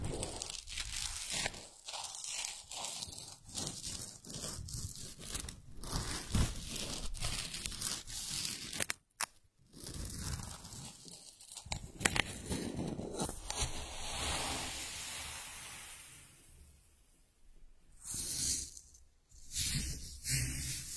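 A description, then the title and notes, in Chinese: Kinetic sand being squeezed and worked gives a dense, crisp rustling and crunching that runs almost without a break. Brief pauses come near nine seconds and again around eighteen seconds. Then the soft grainy crackle resumes, bright and fine-textured. 动力沙触发，沙沙声。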